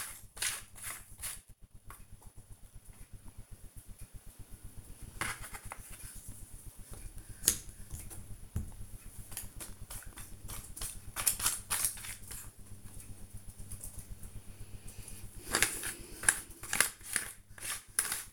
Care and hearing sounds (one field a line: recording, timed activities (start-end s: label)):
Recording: household activities, microphone on the right wrist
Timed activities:
0.00-18.33 s: doing a puzzle